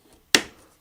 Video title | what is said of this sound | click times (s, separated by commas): Creality Ender-3 S1 - Unboxing of the NEW 2022 model! | and locks into place so it clips over the front edge rather than under the back edge | 0.4 s